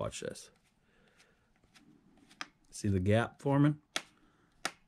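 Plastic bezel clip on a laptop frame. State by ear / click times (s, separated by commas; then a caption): released / 4.0 s, 4.7 s. On an Alienware M15 laptop being worked on for a battery replacement, the plastic screen bezel is pulled away from the frame so its retaining clips pop free. Someone talks while faint scraping and small ticks are heard, then sharp plastic clicks at 4.0 s and 4.7 s as the clips release.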